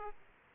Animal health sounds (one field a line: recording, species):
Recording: mosquito wingbeat signal from an infrared sensor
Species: Aedes aegypti